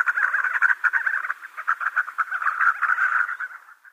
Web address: Schulze Peter Crowned Sandgrouse